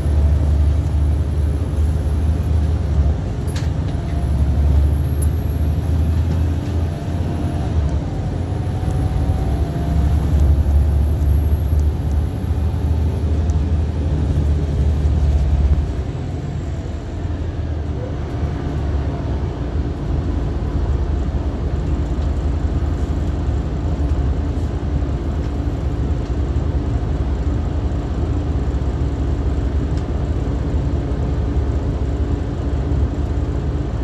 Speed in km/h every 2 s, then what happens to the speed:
29, 35, 42, 47, 52, 55, 55, 42, 27, 10, 2, 0, 0, 0, 0, 0, 0.
0-12 speeds up to 55. 12-19 brakes to 2. 19-34 standing.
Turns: none.